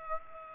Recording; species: mosquito wingbeat signal from an infrared sensor; Aedes aegypti